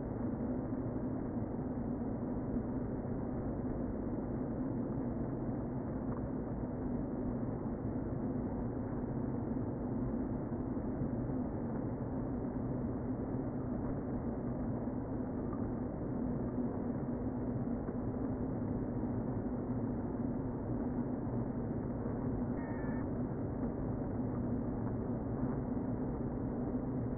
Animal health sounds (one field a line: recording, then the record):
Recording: honeybee colony, microphone inside the hive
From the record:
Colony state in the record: queen present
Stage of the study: before two queens were removed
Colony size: about 60,000 bees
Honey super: yes